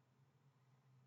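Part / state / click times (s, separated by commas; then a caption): IF transformer spring clip into radio chassis slot / not seated / none. A spring mounting clip on an IF transformer (T2) is pushed into the slot on the metal chassis of a Hallicrafters SX-99 shortwave receiver. Only a low steady hum and faint handling noise are heard, with no distinct impact. Nothing has seated or snapped into place yet.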